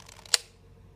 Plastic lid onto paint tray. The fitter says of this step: you hear that click